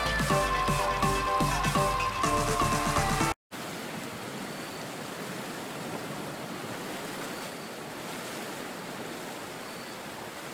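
A waterfall roars as a steady, dense rush of falling water from about three and a half seconds to the end, even in level throughout. Before that, a loud tonal passage with a pulsing, rhythmic pattern plays, then cuts to a moment of silence.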